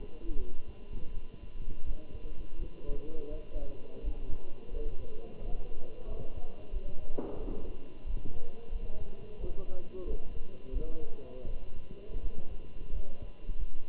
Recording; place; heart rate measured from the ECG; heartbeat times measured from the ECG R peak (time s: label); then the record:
heart sounds by stethoscope; between the tricuspid and mitral areas; 86 bpm
0.38 s: heartbeat
1.13 s: heartbeat
1.85 s: heartbeat
2.58 s: heartbeat
3.31 s: heartbeat
4.03 s: heartbeat
4.73 s: heartbeat
5.41 s: heartbeat
6.07 s: heartbeat
6.72 s: heartbeat
7.39 s: heartbeat
8.06 s: heartbeat
8.71 s: heartbeat
9.40 s: heartbeat
10.06 s: heartbeat
10.72 s: heartbeat
11.46 s: heartbeat
12.21 s: heartbeat
12.92 s: heartbeat
13.58 s: heartbeat
From the record:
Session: Bruce protocol treadmill stress test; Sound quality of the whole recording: good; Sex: male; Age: 27 years